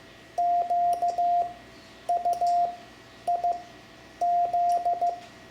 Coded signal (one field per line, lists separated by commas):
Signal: Morse code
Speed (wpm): 15 wpm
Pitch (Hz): 700 Hz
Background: none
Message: QUIZ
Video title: Learning CW for Ham Radio (Lesson 7) Morse Code letters X-Z, Amateur Radio